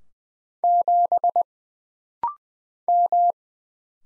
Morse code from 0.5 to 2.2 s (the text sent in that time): 7